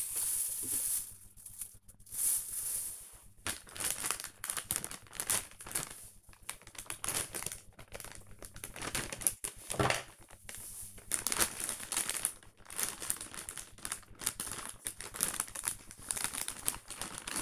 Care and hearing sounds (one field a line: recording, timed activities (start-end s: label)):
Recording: household activities, microphone on the right wrist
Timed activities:
0.00-12.22 s: tidy up the cupboard
14.24-17.42 s: tidy up the cupboard